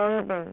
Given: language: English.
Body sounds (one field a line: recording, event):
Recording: throat vibration sensor signal played as sound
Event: speech